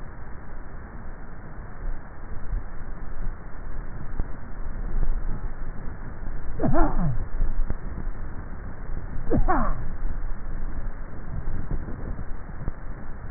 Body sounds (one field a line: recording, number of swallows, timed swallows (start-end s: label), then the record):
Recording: swallowing sounds by neck microphone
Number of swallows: 5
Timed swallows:
2.25-2.98 s: swallow
3.78-4.35 s: swallow
5.28-5.82 s: swallow
7.78-8.45 s: swallow
10.62-11.08 s: swallow
From the record:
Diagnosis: dysphagia